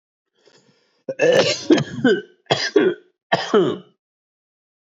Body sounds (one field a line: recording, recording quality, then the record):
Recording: heavy voluntary cough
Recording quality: excellent, no background noise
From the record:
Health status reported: respiratory illness, not identified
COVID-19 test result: negative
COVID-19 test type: RT-PCR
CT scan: not taken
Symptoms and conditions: cold, sore throat, fatigue, asthma, another condition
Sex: male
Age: 25 years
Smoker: no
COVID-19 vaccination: none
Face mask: not worn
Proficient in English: yes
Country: India